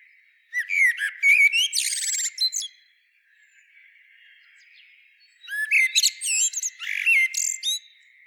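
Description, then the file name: Common blackbird giving two warbling phrases, mellow whistles mixed with a buzzy, trilled high section, separated by roughly three seconds of near silence. "Turdus merula"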